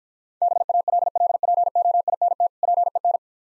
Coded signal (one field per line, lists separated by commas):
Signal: Morse code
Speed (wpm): 54 wpm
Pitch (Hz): 700 Hz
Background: none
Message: BALLPOINT PEN